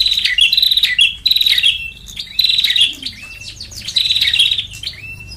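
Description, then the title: Lovebird chattering calls, shrill buzzy bursts alternating with brief sharp chirps, fairly continuous and busy throughout. Lure call for trapping lovebirds (pikat). "PIKAT BURUNG LOVEBIRD"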